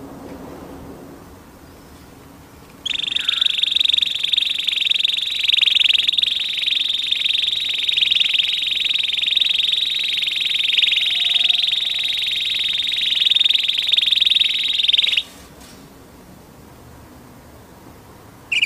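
An orange canary sings a long, unbroken rolling trill from about three seconds to fifteen seconds, dense, bright and very steady in pitch and loudness. Before and after the song there is only a low, soft murmur in the background.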